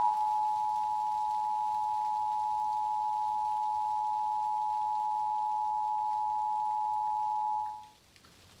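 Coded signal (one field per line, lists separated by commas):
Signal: Emergency Alert System (SAME) tones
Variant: 853 and 960 Hz attention tone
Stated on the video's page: EAS/EBS scenario in analog horror style, simulated, with loud, high-pitched, highly distorted tones.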